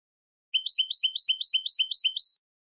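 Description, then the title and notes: European goldfinch singing a brisk series of paired rising chirps, several in under two seconds, then stopping; clean with no other sounds. Clean goldfinch song from a CD, for copying in song training. "Cd Jilguero. Cd de canto de jilguero limpio para copia"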